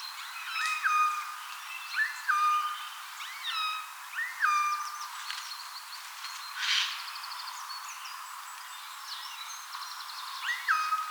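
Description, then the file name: Eurasian jay uttering a series of tonal mewing notes with overtones, plus one brief harsh rasping burst midway, then quieter notes before a final mew. "Garrulus glandarius"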